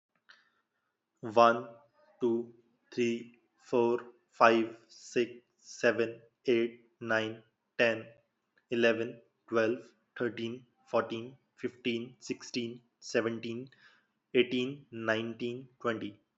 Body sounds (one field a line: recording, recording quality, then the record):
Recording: counting at a normal pace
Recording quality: excellent, no background noise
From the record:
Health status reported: respiratory illness, not identified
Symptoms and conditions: none ticked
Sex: male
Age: 28 years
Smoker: not ticked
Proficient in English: yes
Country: India